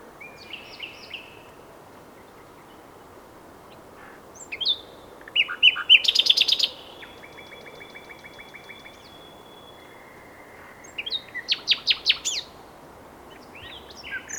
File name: Luscinia megarhynchos